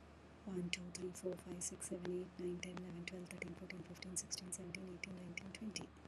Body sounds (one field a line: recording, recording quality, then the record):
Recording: counting at a fast pace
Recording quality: excellent, no background noise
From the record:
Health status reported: healthy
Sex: female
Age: 51 years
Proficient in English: yes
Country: India